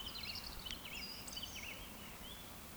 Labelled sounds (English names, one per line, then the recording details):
Eurasian Woodcock whistle
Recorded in Baden-Württemberg, Germany, on 14 June 2020 at 19:57 UTC
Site 14569, 102 m above sea level